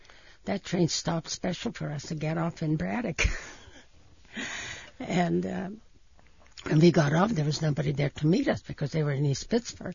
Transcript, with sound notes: That train stopped special for us to get off in Braddock. ( she laughs ) And when we got off there was nobody there to meet us because they were in East Pittsburgh.